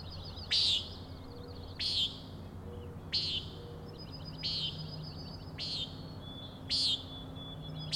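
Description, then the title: Common nighthawk peent calls, short nasal buzzy notes repeated about every one and a quarter seconds, six in all, with a faint high rattling trill between them. Three birds flying in close formation, very near the recordist, giving peenting calls, wing booms and a rattling noise; Schoodic Head overlook, Acadia National Park, Winter Harbor, Maine; 16 June 2017, 4am. "Common Nighthawks, Schoodic Head 061617 4am"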